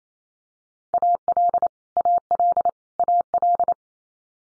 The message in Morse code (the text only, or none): AL AL AL